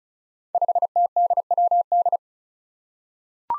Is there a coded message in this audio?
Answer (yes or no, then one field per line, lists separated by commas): yes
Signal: Morse code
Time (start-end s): 0.5-2.2 s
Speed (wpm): 36 wpm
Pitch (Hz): 700 Hz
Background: none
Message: 5TDWD